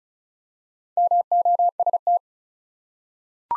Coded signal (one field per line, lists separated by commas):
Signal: Morse code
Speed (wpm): 36 wpm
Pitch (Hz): 700 Hz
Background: none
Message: MOST